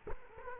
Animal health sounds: mosquito wingbeat signal from an infrared sensor; Culex quinquefasciatus

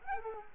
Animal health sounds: mosquito wingbeat signal from an infrared sensor; Culex quinquefasciatus

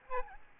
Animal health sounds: mosquito wingbeat signal from an infrared sensor; Aedes albopictus

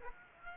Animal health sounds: mosquito wingbeat signal from an infrared sensor; Aedes aegypti

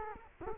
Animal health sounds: mosquito wingbeat signal from an infrared sensor; Culex quinquefasciatus

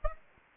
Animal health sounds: mosquito wingbeat signal from an infrared sensor; Aedes aegypti

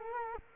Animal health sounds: mosquito wingbeat signal from an infrared sensor; Culex quinquefasciatus

